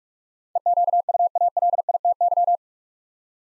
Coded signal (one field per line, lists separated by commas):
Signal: Morse code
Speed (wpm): 44 wpm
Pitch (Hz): 700 Hz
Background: none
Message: EQUALITY